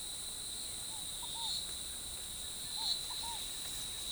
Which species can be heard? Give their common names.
Scaled Dove